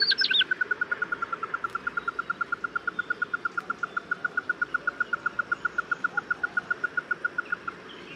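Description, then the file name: Ruddy-breasted crake calling: a few higher opening notes, then a long, steady series of short, rapid, even ticking notes over a constant background hiss. "緋秧雞"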